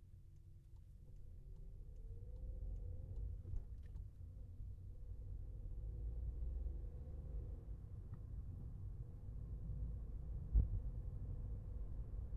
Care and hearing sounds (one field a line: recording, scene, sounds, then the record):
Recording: everyday scene through a hearing-aid microphone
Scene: in a vehicle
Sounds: engine, traffic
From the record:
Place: Skoda Fabia, gasoline engine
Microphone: behind the ear, left, rear